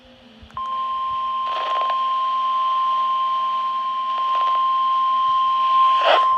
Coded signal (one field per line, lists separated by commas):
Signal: Emergency Alert System (SAME) tones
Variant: 1050 Hz attention tone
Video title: RAH SVR - WXL58 - WNG706 - WXL50 (6/30/23 - EAS # 377-379)